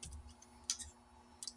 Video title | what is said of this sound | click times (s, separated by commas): I used to hide my smile - not anymore!😁 | You hear them just snap right onto. Very serious, very secure. | 0.7 s, 1.4 s